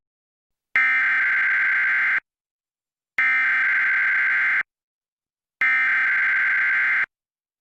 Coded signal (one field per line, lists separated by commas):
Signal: Emergency Alert System (SAME) tones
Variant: header bursts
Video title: Eas scenario: Dual pandemics